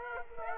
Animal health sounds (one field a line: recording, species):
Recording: mosquito wingbeat signal from an infrared sensor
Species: Aedes aegypti